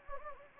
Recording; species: mosquito wingbeat signal from an infrared sensor; Anopheles gambiae